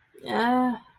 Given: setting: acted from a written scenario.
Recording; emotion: vocal sound without words; neutral